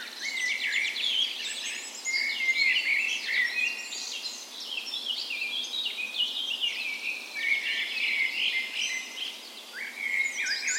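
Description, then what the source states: Bird dawn chorus, loud and busy, with repeated sweeping phrases, trills and sharp chirps from several birds at once. Dawn chorus in a park west in Bergen, Norway, on the spring morning of 17 May, Norway's National Day; recorded with a Sony PCM A10 and LOM micro Usi mics as 'tree ears'.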